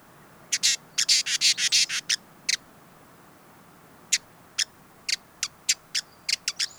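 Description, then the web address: Hooded visorbearer calls: a rapid burst of high, clicking chips run together, then single sharp chips at uneven intervals. "sound Hooded-visorbearer دانلود-صدای-پرنده-آفتابگیر-کلاهدار"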